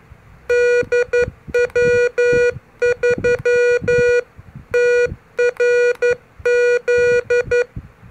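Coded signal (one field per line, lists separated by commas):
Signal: Morse code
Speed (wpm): 11 wpm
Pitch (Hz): 480 Hz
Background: music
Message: DW3TRZ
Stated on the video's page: CQ call in CW sent with an MFJ-403 pocket keyer, as a beginner lesson.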